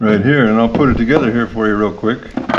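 A man talks while handling the plastic body of a Camojojo HIBird 4K smart bird feeder, getting ready to snap it onto its base. Some faint handling noise comes near the end. The body has not yet snapped into place, and nothing has seated or clicked yet.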